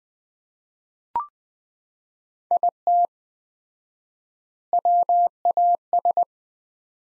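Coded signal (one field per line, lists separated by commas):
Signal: Morse code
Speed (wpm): 20 wpm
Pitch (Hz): 700 Hz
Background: none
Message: IT WAS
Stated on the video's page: Morse practice sentences at 20 wpm with 4x standard word spacing, a word-level analogue of Farnsworth spacing.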